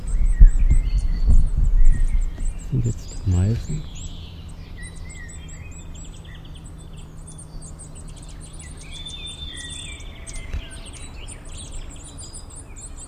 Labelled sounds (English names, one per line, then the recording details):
Eurasian Nuthatch call
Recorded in the wild
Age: juvenile
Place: Bogensee, Barnim, Brandenburg, DE
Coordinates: 52.7714, 13.5258
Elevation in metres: 60
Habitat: deciduous forest
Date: 2003-06-11
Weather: 20°C, cloudy, almost windless
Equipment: Tascam DA-P1, Sennheiser MKH 70
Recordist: Frommolt, Karl-Heinz